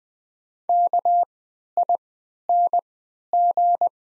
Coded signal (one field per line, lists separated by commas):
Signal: Morse code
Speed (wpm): 20 wpm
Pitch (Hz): 700 Hz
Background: none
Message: KING